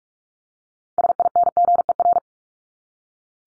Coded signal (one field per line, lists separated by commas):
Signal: Morse code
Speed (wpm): 44 wpm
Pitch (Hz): 700 Hz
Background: none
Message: SINGER